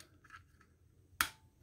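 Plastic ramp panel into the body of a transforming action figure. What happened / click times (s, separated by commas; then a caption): The plastic panel snapped into place / 1.2 s. A double-hinged plastic ramp panel is lined up and pushed down into the body of a transforming action figure. After a few faint handling rustles, it snaps into place with a sharp, loud click at 1.2 s, confirming the panel is seated.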